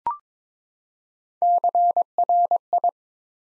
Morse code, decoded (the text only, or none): CRI